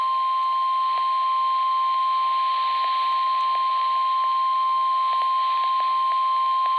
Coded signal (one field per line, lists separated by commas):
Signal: Emergency Alert System (SAME) tones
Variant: 1050 Hz attention tone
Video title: Tornado Warning [EAS #64]